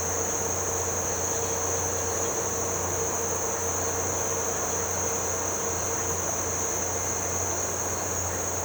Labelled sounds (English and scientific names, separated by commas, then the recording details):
none
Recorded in pastures near Puerto Asís, Putumayo, Colombia, on 9 March 2025 at 17:00
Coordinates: 0.466, -76.322
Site CSA-02